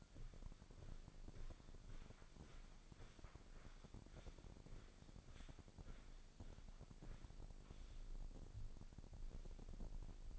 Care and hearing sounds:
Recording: daily activity, microphone in the room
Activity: walk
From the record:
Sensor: 5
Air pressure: 1009.4 hPa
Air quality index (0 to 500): 141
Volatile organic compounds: 2 ppm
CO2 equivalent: 1091 ppm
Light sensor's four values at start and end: 309/728/315/351 and 309/728/315/351

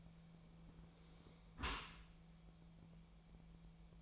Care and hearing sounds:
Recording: daily activity, microphone in the room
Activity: close dishwasher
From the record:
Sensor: 1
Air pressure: 1000.5 hPa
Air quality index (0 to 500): 182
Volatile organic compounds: 4 ppm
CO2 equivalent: 1676 ppm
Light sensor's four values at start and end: 13/32/13/15 and 13/32/13/15

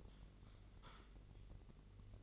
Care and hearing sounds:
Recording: daily activity, microphone in the room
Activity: typing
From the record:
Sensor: 4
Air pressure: 1008.4 hPa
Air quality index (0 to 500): 82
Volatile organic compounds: 1 ppm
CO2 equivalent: 652 ppm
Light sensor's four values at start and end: 17/38/16/16 and 17/38/16/16

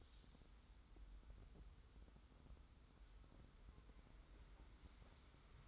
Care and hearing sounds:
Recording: daily activity, microphone in the room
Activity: wipe stove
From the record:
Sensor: 3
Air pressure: 990.4 hPa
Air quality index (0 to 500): 185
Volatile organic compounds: 1000 ppm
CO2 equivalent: 6038 ppm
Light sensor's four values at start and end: 45/108/44/41 and 45/108/44/41

